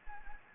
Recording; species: mosquito wingbeat signal from an infrared sensor; Anopheles gambiae